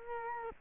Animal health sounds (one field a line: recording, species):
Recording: mosquito wingbeat signal from an infrared sensor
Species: Culex quinquefasciatus